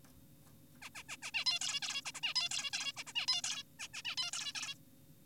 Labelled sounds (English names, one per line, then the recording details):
Zebra Finch
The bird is an adult
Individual g4p5U